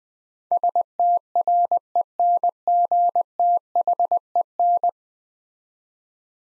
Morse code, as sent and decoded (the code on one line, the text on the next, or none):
... - .-. . -. --. - .... . -.
STRENGTHEN